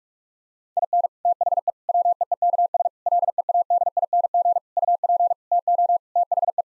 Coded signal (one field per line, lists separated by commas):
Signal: Morse code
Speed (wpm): 48 wpm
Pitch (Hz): 700 Hz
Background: none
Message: IN THE WEEKS LEADING UP TO THE